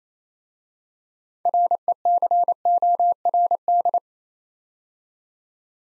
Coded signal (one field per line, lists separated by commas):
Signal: Morse code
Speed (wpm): 27 wpm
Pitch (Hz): 700 Hz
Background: none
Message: RECORD